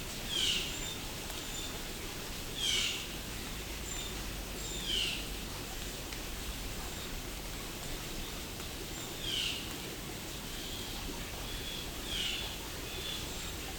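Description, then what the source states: Vireo calls: five sharp notes at uneven intervals of a few seconds, over steady background noise. Heard in fall; probably a Red-eyed Vireo.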